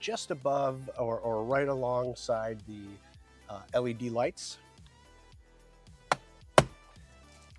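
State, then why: Released. Someone talks over background music while a panel removal tool is pried into the corner of the plastic overhead console panel, near the LED lights, in the headliner of a 2019-2024 Camaro (ZL1, SS, LT1, RS, LT). Two sharp pops ring out at 6.1 s and 6.6 s as the retaining clip pops free, releasing the overhead console trim.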